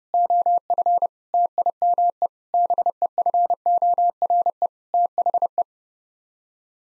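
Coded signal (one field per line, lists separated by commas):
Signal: Morse code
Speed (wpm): 32 wpm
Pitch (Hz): 700 Hz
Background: none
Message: OF TIME BEFORE THE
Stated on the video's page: Head-copy drill of common nine-word groups at 30 wpm, each set sent in Morse, then spoken, then sent again.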